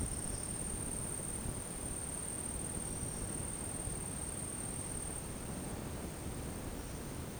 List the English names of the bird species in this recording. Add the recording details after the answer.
none. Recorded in dense forest near Puerto Asís, Putumayo, Colombia, on 21 February 2024 at 10:00. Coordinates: 0.486, -76.316. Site G6437